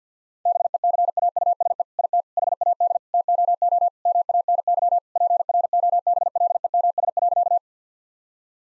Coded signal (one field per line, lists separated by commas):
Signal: Morse code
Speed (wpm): 50 wpm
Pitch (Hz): 700 Hz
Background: none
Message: BECAUSE IT HAD TOO MANY PROBLEMS.